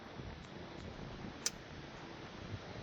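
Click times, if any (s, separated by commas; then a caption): 1.5 s. A steering wheel trim panel on a C8 Corvette Z06 is pressed back into the steering wheel and column after a steering wheel swap, against a steady low background noise. A single sharp snap at 1.5 seconds marks the trim seating firmly and solidly in place.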